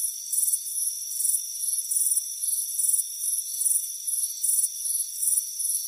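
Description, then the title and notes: High-pitched cricket chirping, short rasping bursts repeated at a steady pace over a continuous ringing background. Crickets chirping on a warm afternoon at a front porch. "Soothing Crickets Chirping Sound. It's a warm afternoon as you relax in a hammock on the front porch. Relax and fall asleep to the soothing sound of chirping crickets"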